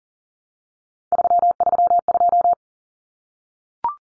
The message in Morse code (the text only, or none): 332